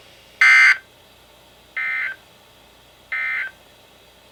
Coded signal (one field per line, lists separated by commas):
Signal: Emergency Alert System (SAME) tones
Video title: EAS #13-#14: More Flood Warnings! | KHB36